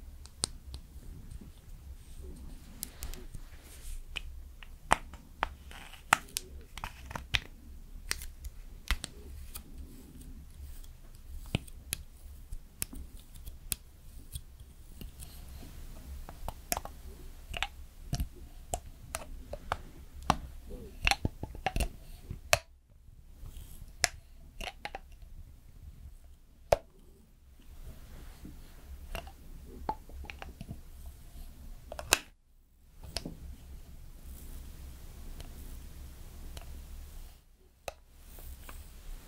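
Someone slowly does your makeup, with frequent sharp little clicks and taps scattered over a steady low hum. The clicks come irregularly throughout, and the sound briefly drops out into near-silence a few times in the second half.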